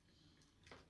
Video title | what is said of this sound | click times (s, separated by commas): GX-71 Soul of Chogokin Voltron Unboxing & Review | one's locked good now. | 0.7 s